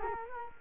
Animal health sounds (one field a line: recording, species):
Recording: mosquito wingbeat signal from an infrared sensor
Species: Culex quinquefasciatus